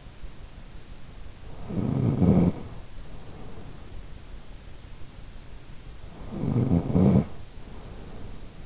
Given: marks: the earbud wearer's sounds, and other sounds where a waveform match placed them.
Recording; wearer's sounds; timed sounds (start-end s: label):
sounds in sleep by an in-ear microphone; snoring breath
1.28-3.69 s: snoring breath
5.88-8.66 s: snoring breath